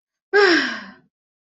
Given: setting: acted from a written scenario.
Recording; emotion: vocal sound without words; relief